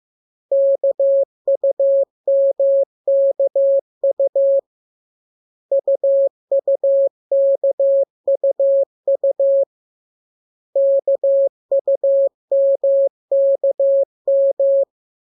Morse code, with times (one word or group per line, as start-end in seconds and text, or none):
0.5-4.6 KUMKU
5.7-9.6 UUKUU
10.8-14.8 KUMKM